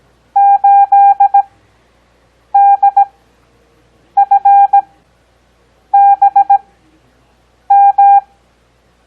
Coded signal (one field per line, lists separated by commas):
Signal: Morse code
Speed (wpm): 17 wpm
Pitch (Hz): 800 Hz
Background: none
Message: 8DFBM